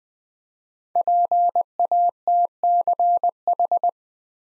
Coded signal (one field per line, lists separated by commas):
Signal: Morse code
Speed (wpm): 20 wpm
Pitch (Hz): 700 Hz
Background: none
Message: PATCH